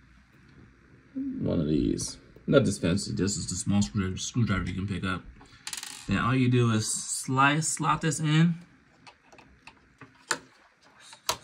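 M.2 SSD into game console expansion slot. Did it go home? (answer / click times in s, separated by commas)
yes / 10.3 s, 11.3 s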